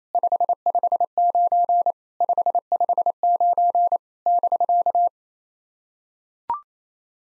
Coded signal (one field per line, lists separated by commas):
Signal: Morse code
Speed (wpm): 30 wpm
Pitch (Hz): 700 Hz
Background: none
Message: 559 559 <BK>